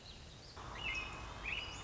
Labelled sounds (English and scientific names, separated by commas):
American Robin (Turdus migratorius)